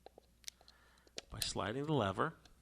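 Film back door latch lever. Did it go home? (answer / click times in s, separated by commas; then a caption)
no / none. Someone handles the film back door latch lever of a Mamiya M645 medium format film camera, about to close the film back by sliding its locking lever, producing small sharp ticks and taps before someone talks. The film back has not seated or clicked shut yet.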